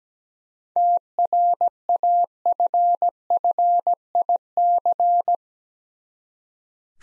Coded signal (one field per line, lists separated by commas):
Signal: Morse code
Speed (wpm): 17 wpm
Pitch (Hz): 700 Hz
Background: none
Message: TRAFFIC